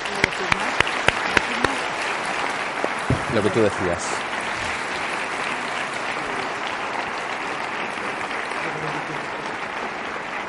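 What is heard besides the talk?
audience applause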